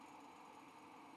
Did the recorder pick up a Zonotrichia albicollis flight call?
no